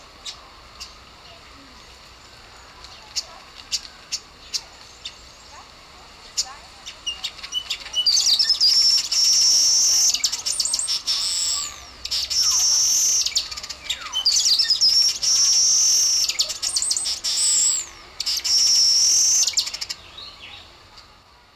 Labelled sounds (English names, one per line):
Black-headed Weaver call